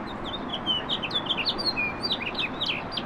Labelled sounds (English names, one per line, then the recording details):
House Finch song
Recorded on Long Island, New York, on 18 April 2012
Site GC
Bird B